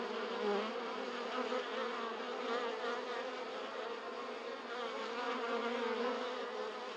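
Bees buzzing, a dense steady hum with many overlapping wingbeat tones, continuous throughout with slight swells in loudness.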